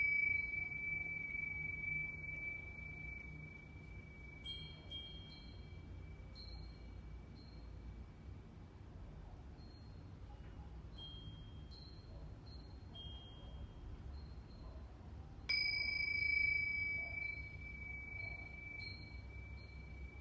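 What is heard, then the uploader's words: A Tibetan singing bowl rings with a steady, pure tone that hangs through the whole clip, with fainter higher overtones flickering in and out. At about fifteen seconds the bowl is struck again, bright and slightly louder, then sustains. A low rumble sits underneath throughout. Tibetan Singing Bowl. チベタンシンギングボウルのサウンドヒーリング.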